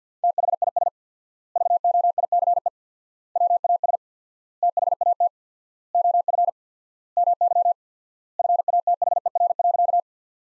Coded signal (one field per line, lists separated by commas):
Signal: Morse code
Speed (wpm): 50 wpm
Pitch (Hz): 700 Hz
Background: none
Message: THIS VOICE WAS THAT OF MY FATHER.